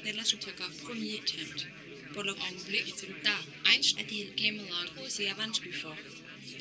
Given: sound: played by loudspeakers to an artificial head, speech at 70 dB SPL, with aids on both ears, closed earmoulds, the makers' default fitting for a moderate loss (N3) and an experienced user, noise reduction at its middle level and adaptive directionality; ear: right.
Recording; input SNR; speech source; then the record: speech test signal (ISTS) in cocktail-party noise; +3 dB; in front (0 degrees)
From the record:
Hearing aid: class 2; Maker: J